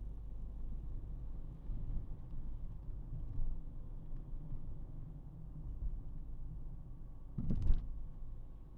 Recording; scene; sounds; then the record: everyday scene through a hearing-aid microphone; in a vehicle; engine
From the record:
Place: Berlingo II, diesel engine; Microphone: behind the ear, right, front